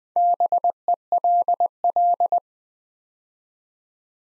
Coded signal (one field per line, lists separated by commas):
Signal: Morse code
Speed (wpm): 20 wpm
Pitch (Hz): 700 Hz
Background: none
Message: BELL